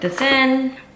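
The blade assembly of a KitchenAid 3.5 Mini Chopper (KFC3516CU) is handled over its drive shaft in the plastic work bowl while someone talks. Nothing has seated or clicked yet.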